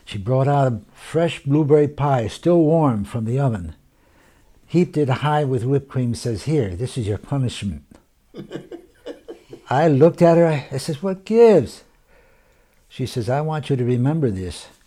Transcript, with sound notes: She brought out a fresh blueberry pie, still warm from the oven, heaped it high with whipped cream. She said, "Here, this is your punishment." (laughs) I looked at it. I says, "What gives?" She says, "I want you to remember this."